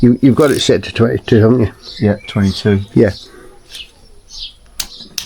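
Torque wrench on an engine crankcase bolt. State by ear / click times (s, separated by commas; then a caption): torque reached / 4.8 s, 5.2 s. A click-type torque wrench set to 22 tightens a crankshaft or crankcase bolt on the flat-six engine of a 2004 Porsche Boxster 2.7 that is being rebuilt with new bearings and the crankshaft fitted. Someone talks briefly, then after a quiet pause two sharp, short clicks sound at 4.8 s and 5.2 s as the wrench reaches its setting.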